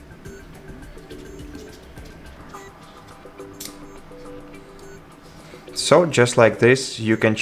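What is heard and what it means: The second strap half is pushed into the other band slot of an Apple Watch Ultra 3 case and latches with a short, sharp click at 3.6 s, with quieter handling sounds before it and faint tonal music throughout. Someone talks near the end, and the strap is seated.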